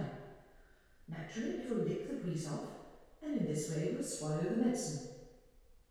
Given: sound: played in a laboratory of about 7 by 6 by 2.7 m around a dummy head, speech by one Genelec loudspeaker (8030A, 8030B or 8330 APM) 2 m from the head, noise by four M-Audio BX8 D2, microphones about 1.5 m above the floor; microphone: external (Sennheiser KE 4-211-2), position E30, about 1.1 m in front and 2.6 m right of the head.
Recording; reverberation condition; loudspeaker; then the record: female speech in English; high; 30 degrees to the right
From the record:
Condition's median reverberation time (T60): about 1300 ms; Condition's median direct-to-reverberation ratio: about -4.0 dB